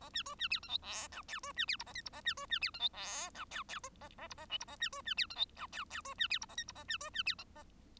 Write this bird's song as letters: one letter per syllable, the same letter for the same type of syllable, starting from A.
A B C B D E F G H I C B D J A K J A B C B D E F G H I I A A J A L J A B C B D E F H I I C B D J A K J A B C B D E A